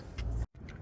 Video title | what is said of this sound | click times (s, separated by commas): Ford Transit Important Oil Pressure Tip | once you hear it click in place | 0.2 s, 0.7 s